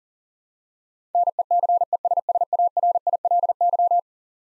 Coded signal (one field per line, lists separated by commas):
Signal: Morse code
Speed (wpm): 40 wpm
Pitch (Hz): 700 Hz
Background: none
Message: NECESSARILY